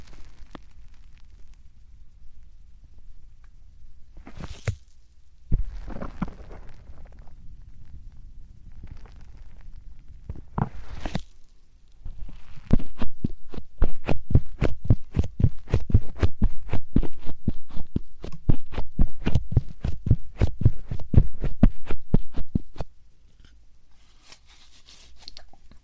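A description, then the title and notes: Soft puffs of air, a few scattered ones early on, near 5 and 11 seconds. From about 12 seconds a fast, steady run of short puffs repeats roughly three times a second until around 23 seconds, then stops, leaving a quiet low rumble. 말없이 3가지의 퍼프로 귀를 토닥토닥 해드려요 puff sound.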